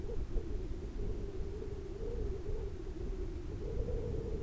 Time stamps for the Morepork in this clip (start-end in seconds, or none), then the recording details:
none. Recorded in New Zealand on 4 June 2017. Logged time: 19:01. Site Taranaki